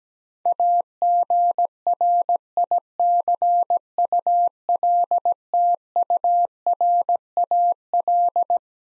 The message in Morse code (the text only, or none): AGRICULTURAL